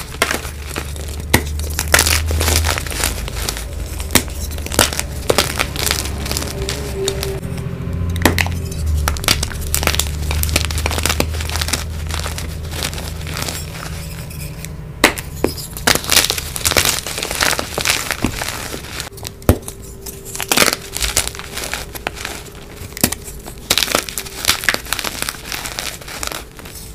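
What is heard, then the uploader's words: Dry crushing and crumbling, like soft chalk being pressed and snapped, with dense crackles and sharp crunches through the whole clip. A low steady hum sits underneath for the first half, and brief quieter gaps appear near 8, 15 and 19 seconds. Audio only compilation of amazing crushes.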